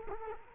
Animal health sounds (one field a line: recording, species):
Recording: mosquito wingbeat signal from an infrared sensor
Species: Culex quinquefasciatus